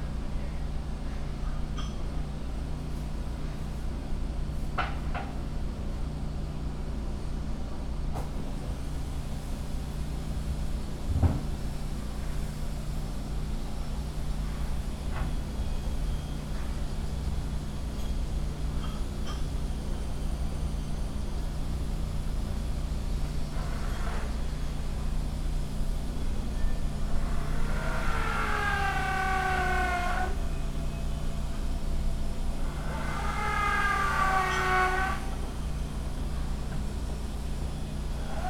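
A field recording from Kyoto, Japan, built on a steady low hum of traffic or a passing train that runs the whole time. Scattered clicks and knocks punctuate it, and around 29 and 34 seconds two bright, rising whooshing sweeps stand out.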